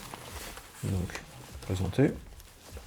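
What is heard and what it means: Someone talks while the two halves of a plastic quick-release shoulder buckle on a ballistic vest plate carrier are handled and brought toward each other, with a few soft handling taps. Nothing has seated or clicked yet; the buckle is not yet shut.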